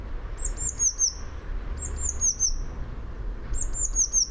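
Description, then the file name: Eurasian blue tit calling in three short bursts of high, slightly descending tinkling notes, about one burst every 1.5 seconds, with a faint low hum beneath. "Cyanistes caeruleus"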